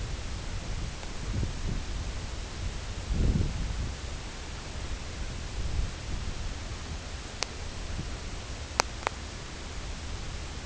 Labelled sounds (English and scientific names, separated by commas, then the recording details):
none
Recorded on Arctic tundra, site CORI-1, on 18 June 2018
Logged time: 22:00